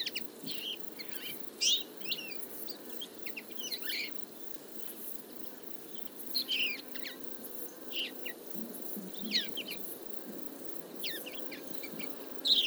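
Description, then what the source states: Common Linnet calls: short twittering notes and brief chattering bursts at irregular intervals, over a steady low background hum. Flock of about fifty feeding in a field, late summer; calls, flights and autumn babbling; recorded for an hour with a single-microphone parabola.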